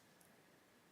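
A small screw is turned backwards with a screwdriver in the plastic case of a vintage Sony Walkman WM-22 cassette player, so it finds the existing thread in the threaded plastic boss instead of cutting a new one. Over a steady background hiss, a single faint, brief click is heard at 0.2 s. The screw has dropped into the existing thread and is seated.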